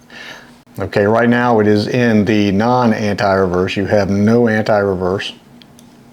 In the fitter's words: Click it down. Oh, and we got a click. And it clicks in anti-reverse.